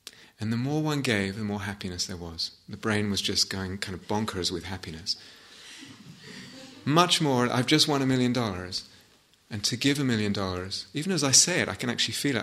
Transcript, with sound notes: And the more one gave, the more happiness there was. The brain was just going kind of bonkers with happiness. [laughter] Much more, I've just won a million dollars, and to give a million dollars -- even as I say it, I can actually feel it.